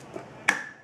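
A Ford Model A distributor is rotated in its bore in the engine head until its drive tang catches the slot, and the shaft drops in with a sharp, ringing knock at 0.5 s, preceded by a faint tap at 0.2 s. The distributor has dropped into the drive slot but is not yet all the way in.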